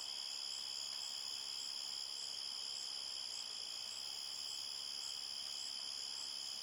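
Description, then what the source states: Crickets chirping in a steady, dense chorus, several high pulsing tones layered together without pause, over a soft hiss. Several crickets at night at a forest edge, chorus described as chirpy and steady.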